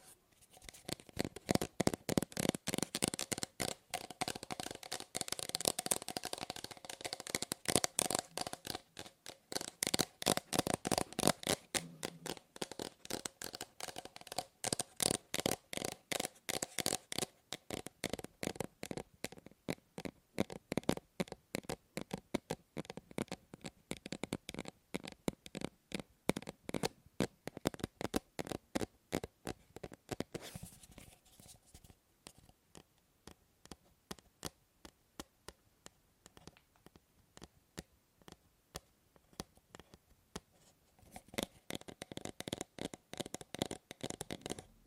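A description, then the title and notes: Tapping on objects runs through the whole clip as dense rows of sharp clicks. The first fifteen seconds are fast and crisp, then the taps loosen into a slower, steadier rhythm. After about thirty seconds they turn softer and duller before picking up again near the end. ASMR Fast & Slow Tapping on 6 Objects No Talking.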